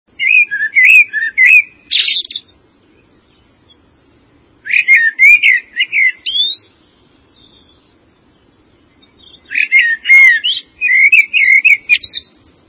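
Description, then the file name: Common blackbird singing three separate phrases of warbled and squeaky twittering notes, with pauses of two to three seconds between phrases; otherwise quiet. "merlo"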